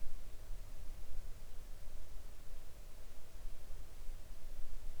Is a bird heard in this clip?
no